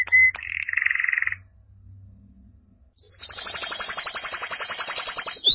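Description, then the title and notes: Canary song: a short clear whistle and buzzy phrase, a brief quiet gap with low hum, then a long, fast, pulsing trill. "BM Suara Kenari. BM Suara Burung Kenari"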